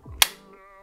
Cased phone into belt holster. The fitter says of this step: that satisfying click and that's where that clip part of this case here